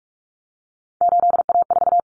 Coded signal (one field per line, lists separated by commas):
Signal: Morse code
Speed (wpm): 44 wpm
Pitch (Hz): 700 Hz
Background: none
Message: 8A4